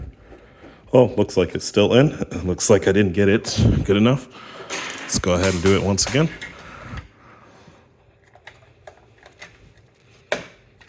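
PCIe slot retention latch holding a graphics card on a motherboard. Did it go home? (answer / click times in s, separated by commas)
released / 10.3 s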